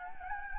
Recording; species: mosquito wingbeat signal from an infrared sensor; Anopheles gambiae